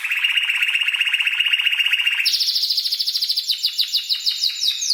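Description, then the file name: Canary song: a rapid buzzy trill held steady for two seconds, then jumping higher into a faster rolling trill of repeated notes. "Canary Singing"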